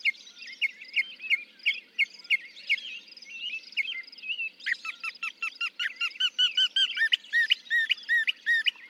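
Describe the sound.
Northern mockingbird song: varied squeaky phrases, then a long run of quick repeated notes.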